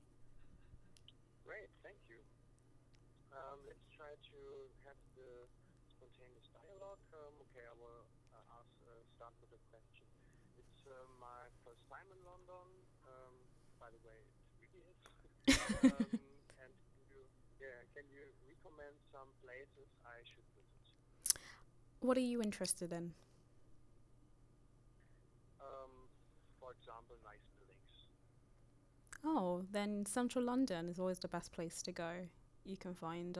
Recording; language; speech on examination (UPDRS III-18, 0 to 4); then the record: conversation on a phone call; English; 0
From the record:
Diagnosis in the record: healthy control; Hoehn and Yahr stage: 0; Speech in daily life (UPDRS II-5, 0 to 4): 0